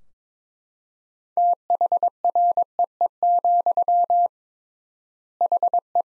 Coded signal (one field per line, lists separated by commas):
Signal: Morse code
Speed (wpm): 22 wpm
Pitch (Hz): 700 Hz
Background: none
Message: THREE, HE